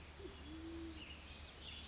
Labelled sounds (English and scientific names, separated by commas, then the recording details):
Band-tailed Pigeon (Patagioenas fasciata)
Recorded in Sonoma County, California